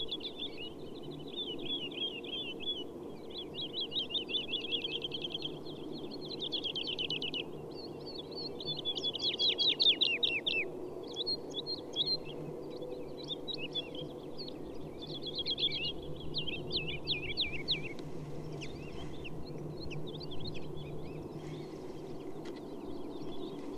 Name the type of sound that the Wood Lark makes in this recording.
flight song